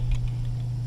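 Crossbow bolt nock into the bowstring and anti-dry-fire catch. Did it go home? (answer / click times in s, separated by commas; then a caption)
yes / 0.1 s. A bolt is pushed back into a cocked Ravin R10 crossbow until its nock clicks onto the bowstring past the anti-dry-fire catch. A short, sharp click comes at 0.1 s over a steady low hum, and the bolt is seated on the string.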